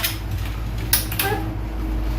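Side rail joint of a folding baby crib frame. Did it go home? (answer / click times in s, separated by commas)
yes / 0.9 s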